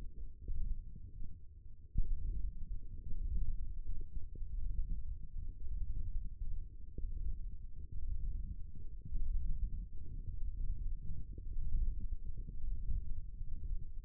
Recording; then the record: forearm muscle sounds (acoustic myography)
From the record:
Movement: ulnar deviation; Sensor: system 1, eight BSWA MPA416 microphones around the upper forearm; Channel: 7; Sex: male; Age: 18 years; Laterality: right